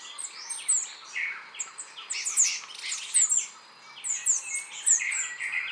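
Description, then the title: Songbird delivering a fast jumble of high squeaky chirps and thin slurred whistles, with brief pauses between busy phrases. "LuckyPassaro Completos2Sama"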